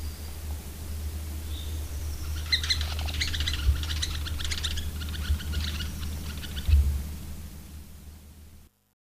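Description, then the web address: Lesser spotted woodpecker giving a rapid series of thin, high, repeated notes for a few seconds, over a steady low hum. "agykontroll Madardalok Cd 1. Kis fakopáncs"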